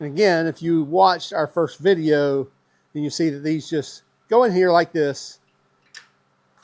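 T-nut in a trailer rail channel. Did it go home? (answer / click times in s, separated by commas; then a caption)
yes / 6.0 s. A T-nut is inserted into the slot of a metal trailer rail on a Harbor Freight HaulMaster trailer and twisted so it locks in place. Someone talks for most of the clip, then a short tick at 6.0 s marks the T-nut locking into the rail slot, followed by a faint softer sound near 6.6 s.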